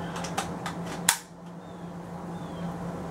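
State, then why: Seated. A rotary magazine clip is pushed into a Crosman 1077W air rifle. A few lighter clicks and rattles at about 0.4 s and 0.7 s are followed by a sharp plastic click at 1.1 s, over a steady low hum. The magazine snaps into place and is seated.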